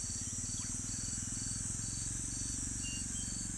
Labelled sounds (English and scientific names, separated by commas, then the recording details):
none
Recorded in pastures near Puerto Asís, Putumayo, Colombia, on 12 March 2025 at 18:00
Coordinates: 0.505, -76.324
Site GP08